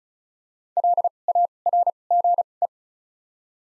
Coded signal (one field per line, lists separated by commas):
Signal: Morse code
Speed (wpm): 36 wpm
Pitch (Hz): 700 Hz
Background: none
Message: L A R G E